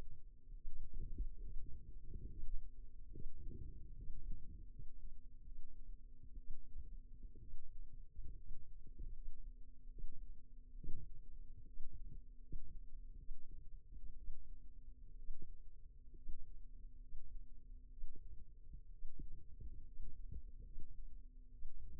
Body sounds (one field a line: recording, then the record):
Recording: forearm muscle sounds (acoustic myography)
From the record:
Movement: rest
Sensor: system 2, bracelet of six BSWA MPA416 microphones around the upper forearm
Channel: 6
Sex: female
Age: 22 years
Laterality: right